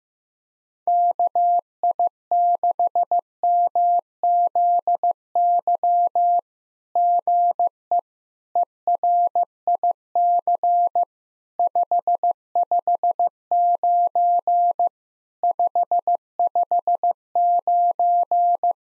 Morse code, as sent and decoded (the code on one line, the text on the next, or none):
-.- .. -.... -- --.. -.-- / --. . / . .-. .. -.-. / ..... ..... ----. / ..... ..... ----.
KI6MZY GE ERIC 559 559